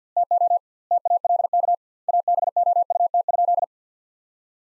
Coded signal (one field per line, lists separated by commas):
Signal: Morse code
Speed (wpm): 50 wpm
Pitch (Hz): 700 Hz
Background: none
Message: TO TALK ABOUT?